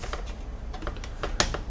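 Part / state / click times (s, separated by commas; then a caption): wire connector into circuit board socket / seated / 1.4 s. A wire plug is pushed back into its socket on the circuit board of a Shark Pro Rocket Self Cleaning Cordless vacuum cleaner. Light tapping and handling clicks lead up to the loudest, sharpest click at 1.4 s as the connector seats.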